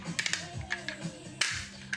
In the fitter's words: Hop ! OK, une fois que c'est clipsé, il nous reste une opération,